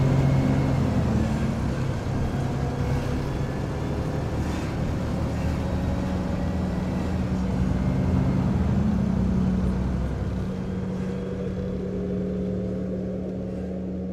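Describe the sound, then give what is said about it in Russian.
A bus engine rumbles steadily with a low droning hum as it pulls away, the broad noise easing slightly in loudness toward the end. No one speaks. “Бежит за автобусом и машет ей.”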